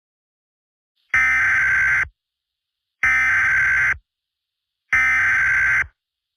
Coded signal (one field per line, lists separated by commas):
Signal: Emergency Alert System (SAME) tones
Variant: header bursts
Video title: Acid Rain( A Mini Eas Scenario)